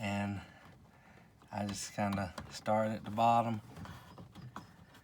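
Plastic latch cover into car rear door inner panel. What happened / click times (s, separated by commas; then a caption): Plastic cover handled, not yet seated / none. Someone talks while fitting a small plastic cover over the rear door latch rod area of a 2011 P7B Crown Victoria (replacement for the old P71), starting at the bottom to press its tabs into the slots of the rear door inner panel. Brief faint taps are heard around 1.4, 3.9, 4.2 and 4.6 seconds. Nothing has snapped into place or seated yet.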